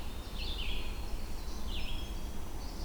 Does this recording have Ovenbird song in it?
no